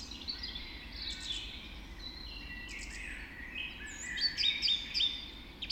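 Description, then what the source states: Birds in a dawn chorus, many overlapping high chirps, trills and whistles with a brighter burst of sharp notes near the end over a low steady hum. Dawn chorus recorded just after dawn in the Forest of Dean.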